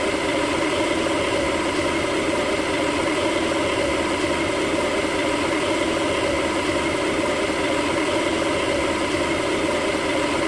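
A kettle and a steady hum run without a break, loud. A low, rough rumble sits beneath a stack of fixed, ringing tones that stay level from start to finish, like an idling motor, with no distinct events or changes.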